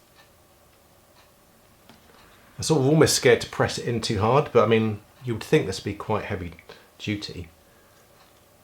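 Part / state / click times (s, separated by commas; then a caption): attachment holder into massage gun socket / not seated / none. An attachment holder is pressed into the socket of an Addsfit percussion muscle massager, but it has not clicked or seated. A faint tick sounds near 1.9 s, then someone talks for most of the rest of the clip.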